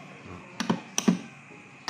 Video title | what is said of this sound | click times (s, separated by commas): KYMCO KRV 180 S TCS RIDING EXPERIENCE #raichannel #krv #krv180 #kymco180 #krv180tcs #krv180dds | Ayun, pag tumunog, okay na. | 1.0 s